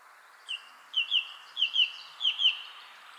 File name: Zanglijster Turdus philomelos